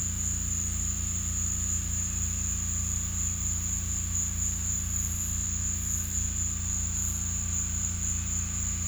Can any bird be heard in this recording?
no